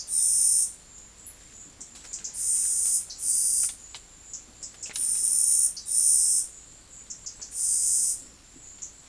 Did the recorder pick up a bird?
yes